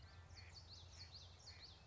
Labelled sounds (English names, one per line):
Common Yellowthroat